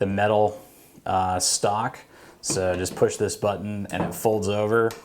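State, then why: Not seated. Someone talks while handling the metal folding stock of an Arsenal SLR-104UR rifle, pressing its release button to swing the stock over toward its side-folded lock on the receiver. Nothing has seated or clicked yet; the stock is not yet locked in place.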